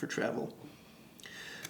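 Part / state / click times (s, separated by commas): retractable zoom lens locking into its collapsed storage position / seated / 1.3 s, 1.6 s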